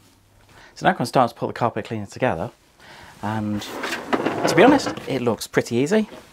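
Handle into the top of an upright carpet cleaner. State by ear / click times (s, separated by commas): not seated / none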